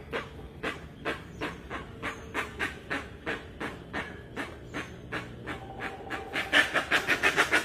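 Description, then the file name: Rusty-margined guan uttering rhythmic harsh rasping notes about three per second, speeding up and growing louder toward the end. "Canto da jacupemba"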